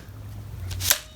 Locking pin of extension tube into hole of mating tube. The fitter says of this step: so that's locked in place now there is a swing